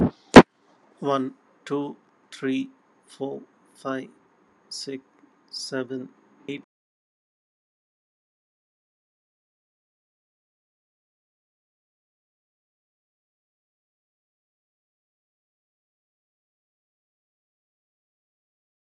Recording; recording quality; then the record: counting at a normal pace; excellent, no background noise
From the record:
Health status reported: healthy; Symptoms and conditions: hypertension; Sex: male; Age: 52 years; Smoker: not ticked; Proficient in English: yes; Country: India